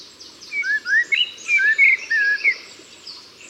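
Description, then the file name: Common blackbird delivering one long run of rich, looping fluted notes with squeaky high accents. "Turdus merula"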